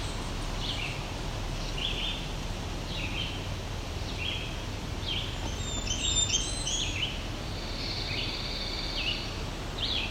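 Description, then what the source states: Blackburnian warbler song, a burst of very high, thin notes midway through, with repeated short phrases of a red-eyed vireo and constant low background noise. Singing high up in the trees, red-eyed vireo in the background, on hiking trails in a mountain bike park.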